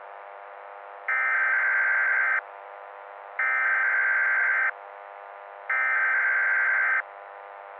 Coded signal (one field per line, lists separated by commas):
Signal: Emergency Alert System (SAME) tones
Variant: header bursts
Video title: Horrorlings Part 2: The Second Coming (EAS Scenario)